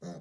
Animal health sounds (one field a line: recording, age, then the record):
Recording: pig call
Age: piglet (1 to 25 days)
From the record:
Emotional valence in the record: negative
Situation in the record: long isolation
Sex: female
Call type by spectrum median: low-frequency call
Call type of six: low-frequency stable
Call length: 0.20 s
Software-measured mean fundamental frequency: 85 Hz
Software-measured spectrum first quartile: 187 Hz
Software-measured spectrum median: 380 Hz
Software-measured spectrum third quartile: 909 Hz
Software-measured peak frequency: 172 Hz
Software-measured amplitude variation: 91 dB a second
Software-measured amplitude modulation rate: 12.3 a second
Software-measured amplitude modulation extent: 7.4 dB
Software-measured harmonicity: 3.0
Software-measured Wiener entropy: -0.39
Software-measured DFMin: 954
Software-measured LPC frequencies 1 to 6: 546, 1781, 3825, 5202, 5754, 6400 Hz